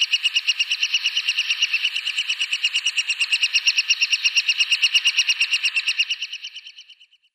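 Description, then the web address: Lesser spotted woodpecker nestlings begging: a rapid, steady stream of high chattering notes, fading out toward the end. "Schulze Peter Lesser Spotted Woodpecker"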